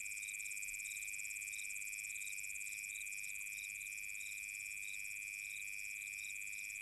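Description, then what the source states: Crickets calling together, chirps pulsing about three times a second over an unbroken high trill and a faint upper buzz. Summer night.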